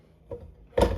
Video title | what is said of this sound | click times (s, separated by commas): They Asked For More Homemade Bread Y’all!! | Nice thing about this one, it locks in place. | 0.8 s